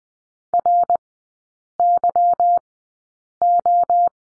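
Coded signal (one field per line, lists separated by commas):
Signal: Morse code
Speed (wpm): 20 wpm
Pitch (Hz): 700 Hz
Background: none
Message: RYO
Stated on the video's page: Morse code course lesson on the letter G, three-character groups, sent at Farnsworth speed 20/10 wpm.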